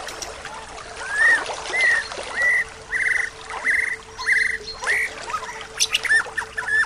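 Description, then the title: Bird song of clear whistled notes, mostly slurred rising-falling phrases repeated in quick succession, with a steady low hum underneath. "SuaraBurung Kicau"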